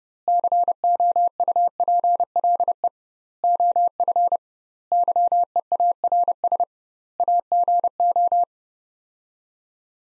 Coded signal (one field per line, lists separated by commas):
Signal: Morse code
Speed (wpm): 30 wpm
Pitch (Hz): 700 Hz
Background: none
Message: COUPLE OF YEARS AGO